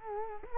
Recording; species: mosquito wingbeat signal from an infrared sensor; Culex quinquefasciatus